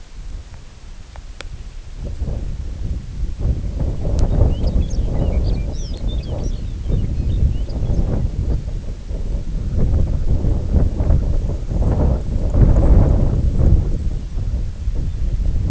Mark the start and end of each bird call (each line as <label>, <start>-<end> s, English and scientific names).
Lapland Longspur (Calcarius lapponicus), 4.22-8.10 s
Lapland Longspur (Calcarius lapponicus), 8.37-8.64 s
White-rumped Sandpiper (Calidris fuscicollis), 11.19-14.31 s